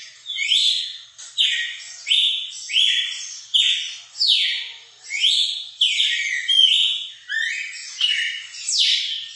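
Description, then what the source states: Red-cowled cardinal giving clear whistled song phrases in quick succession, varied slurs up and down, each lasting under a second. Female singing, used to stimulate and excite a male bird.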